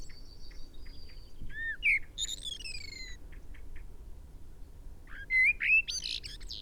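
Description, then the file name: Common blackbird song: short fluted warbling phrases around mid pitch, each ending in a high squeaky twitter, separated by a pause of a few seconds; low background rumble. "Turdus merula"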